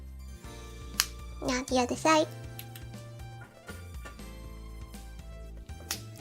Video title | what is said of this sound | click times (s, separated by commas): Unboxing My Custom H.O.T. Galaxy Watch Strap!『내 커스텀 H.O.T. 갤럭시 워치 스트랩 언박싱해요!』 | And then you hook this on until it clicks. | 1.0 s